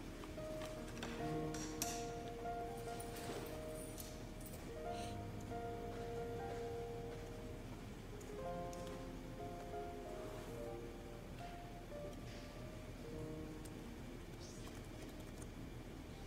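Busy ambience in the Yale library: a steady low murmur of many overlapping voices fills the whole clip. Small clinks and taps, like cups, chairs or objects being set down, break through every second or two, with a brief higher tone near eight seconds.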